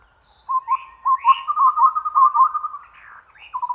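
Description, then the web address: Chestnut-rumped babbler singing a lengthy, warbling low trill with higher slurred notes above, followed by a short repeated low phrase. Recorded at Danum on 1 April 2006. "DANUM 20060401. sound chestnut-rumped babbler"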